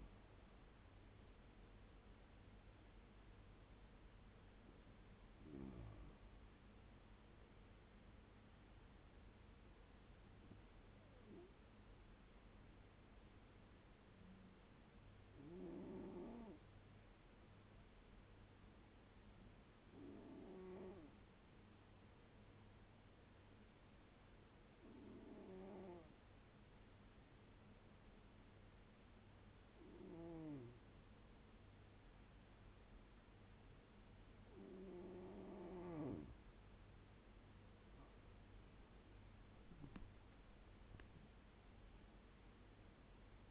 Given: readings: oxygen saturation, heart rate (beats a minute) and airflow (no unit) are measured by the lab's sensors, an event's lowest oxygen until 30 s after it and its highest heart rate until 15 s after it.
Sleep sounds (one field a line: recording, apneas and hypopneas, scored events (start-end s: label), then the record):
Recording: breathing in sleep by a voice recorder at the bedside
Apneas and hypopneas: 1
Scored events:
14.00-43.51 s: new sleep stage, N2 (light sleep)
16.00-36.90 s: hypopnea (N2, oxygen 97% highest, then 92% lowest, heart rate 72 at the start, 91 highest)
From the record:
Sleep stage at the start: N1 (lightest sleep)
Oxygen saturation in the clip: 92 to 97%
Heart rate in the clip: 72 to 89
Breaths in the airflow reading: 10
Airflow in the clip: -11.2 to 13.1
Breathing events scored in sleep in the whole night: 201 in 6.5 hours asleep